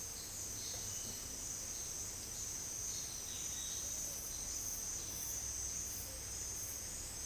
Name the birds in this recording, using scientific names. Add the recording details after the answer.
Pitangus sulphuratus. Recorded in dense forest near Puerto Asís, Putumayo, Colombia, on 20 February 2024 at 08:30. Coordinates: 0.481, -76.318. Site G6421